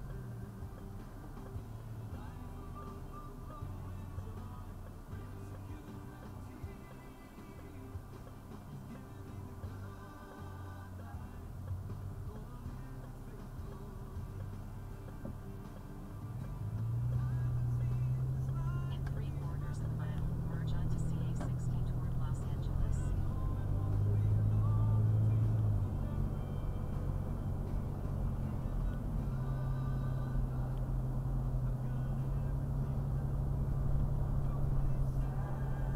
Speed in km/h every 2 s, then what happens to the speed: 0, 0, 0, 0, 0, 0, 0, 2, 10, 15, 24, 34, 42, 48, 50, 50, 53, 53.
0-14 standing. 14-26 pulls away to 48. 26-36 steady at about 50.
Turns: none.